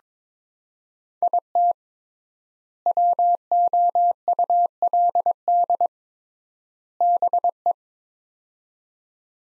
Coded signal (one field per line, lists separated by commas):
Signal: Morse code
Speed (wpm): 22 wpm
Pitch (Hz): 700 Hz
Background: none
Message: IT WOULD BE